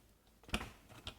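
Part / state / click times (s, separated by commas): dishwasher door latch into its catch / not seated / none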